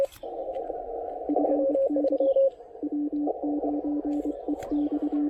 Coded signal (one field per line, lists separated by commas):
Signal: Morse code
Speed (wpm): 24 wpm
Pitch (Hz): 290 Hz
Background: radio noise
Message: FD W9EX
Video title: QRP Field Day 2023: A quick tour of our Field Day and POTA portable station!